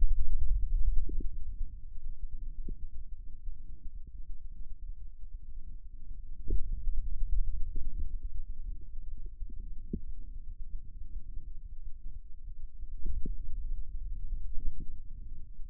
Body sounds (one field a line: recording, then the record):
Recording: forearm muscle sounds (acoustic myography)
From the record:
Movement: finger pinch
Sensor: system 2, bracelet of six BSWA MPA416 microphones around the upper forearm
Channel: 3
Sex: male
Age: 22 years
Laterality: right